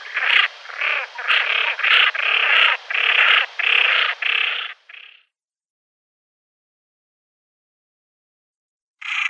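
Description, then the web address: Common pochard giving a rapid chain of rough, rasping bursts for about five seconds, then silence, and one more harsh burst at the end. Females. "Schulze Peter Common Pochard females"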